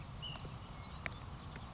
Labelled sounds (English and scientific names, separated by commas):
Ash-throated Flycatcher (Myiarchus cinerascens)